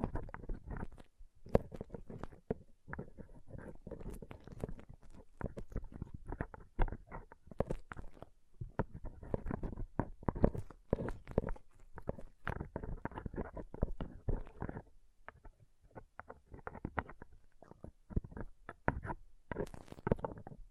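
Tingly sounds from a fluffy pom pom: dense, crackly scratching and soft rustling bursts that come in quick irregular runs throughout. Brief near-silent gaps break it up, around two and fifteen seconds, with a few sharper crisp pops along the way.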